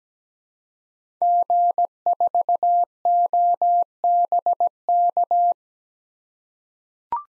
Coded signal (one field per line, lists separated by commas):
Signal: Morse code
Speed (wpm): 17 wpm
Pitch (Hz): 700 Hz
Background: none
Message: G4OBK